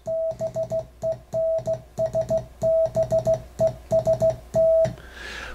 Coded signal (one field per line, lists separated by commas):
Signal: Morse code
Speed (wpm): 15 wpm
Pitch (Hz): 650 Hz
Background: music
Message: BEN S BEST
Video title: CW School with Popeye PART 1 AmRRON Production